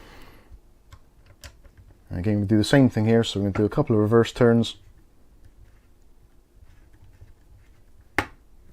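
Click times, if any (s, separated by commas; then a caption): 8.2 s. A spring-loaded metal mounting screw on the bracket of a Thermalright Assassin Spirit 120 Vision ARGB CPU cooler, fitted on an AMD AM4/AM5 board, is turned backwards a couple of turns against the motherboard mounting bracket standoff while someone talks. At 8.2 s its thread drops into the start of the mating thread with a single sharp click, and the screw is seated.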